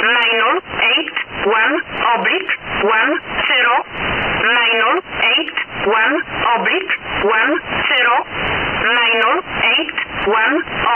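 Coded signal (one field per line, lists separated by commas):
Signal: numbers station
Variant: E11a (Oblique)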